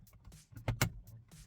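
An integrated 4K dash cam housing is pressed into the plastic shroud around the rear-view mirror at the factory mounting points. Two sharp plastic clicks are heard at 0.7 s and 0.8 s, with the second one louder. The housing snaps into place and is seated.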